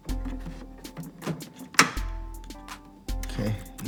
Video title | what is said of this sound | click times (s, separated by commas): 3rd Gen LEXUS GS headlight, fog light, turn signal, side marker, & parking/city light bulb changes. | heard the snap so it wasn't actually a a quarter turn it was almost a 1 8 | 1.8 s